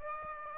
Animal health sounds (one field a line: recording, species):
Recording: mosquito wingbeat signal from an infrared sensor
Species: Aedes aegypti